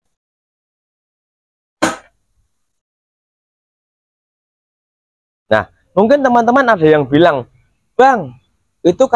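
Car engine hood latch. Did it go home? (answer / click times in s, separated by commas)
released / 1.8 s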